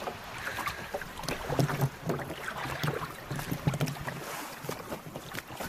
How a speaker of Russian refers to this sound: Гребет по направлению к гроту.